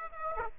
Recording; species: mosquito wingbeat signal from an infrared sensor; Aedes aegypti